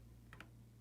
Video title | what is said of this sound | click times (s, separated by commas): 3rd Weekly Haul June 2024 Time To See Things Through A Different Lens | it clicks into place there and then you can tighten it back down there so um | 0.3 s, 0.4 s